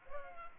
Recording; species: mosquito wingbeat signal from an infrared sensor; Culex pipiens